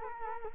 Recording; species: mosquito wingbeat signal from an infrared sensor; Culex quinquefasciatus